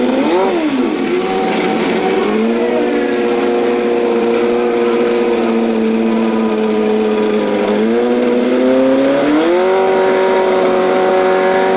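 Race car engines drone steadily around an oval, a sustained loud whine whose pitch dips briefly near the start, holds level, then sags and climbs again around eight to ten seconds as cars pass. A dense roar of other engines fills the background throughout.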